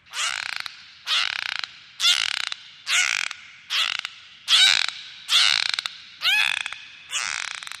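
Dolphin giving harsh, buzzy pulsed squawks, about eight bursts repeated roughly once a second, each with a rising tonal sweep.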